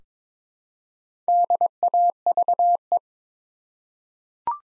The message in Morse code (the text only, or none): DAVE